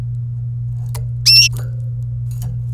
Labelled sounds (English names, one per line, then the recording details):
Domestic Canary song
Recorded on 26 April 2018 at 16:08
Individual llb3